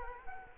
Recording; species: mosquito wingbeat signal from an infrared sensor; Culex quinquefasciatus